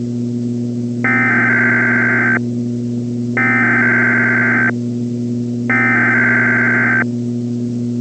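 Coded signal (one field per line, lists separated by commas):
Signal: Emergency Alert System (SAME) tones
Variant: header bursts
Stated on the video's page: Fictional EAS scenario, not a real alert.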